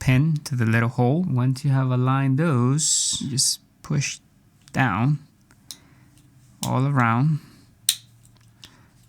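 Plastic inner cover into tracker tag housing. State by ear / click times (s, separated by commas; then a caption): seated / 7.9 s. Someone talks while the inner plastic cover of an AirTag, put back after its speaker was removed, has its small pin lined up with its hole and is pushed down all around into the housing. Faint ticks come around 5.4 to 6.2 seconds, then a sharp, loud click at 7.9 seconds as the plastic tabs snap in, followed by a few softer ticks. The cover is seated.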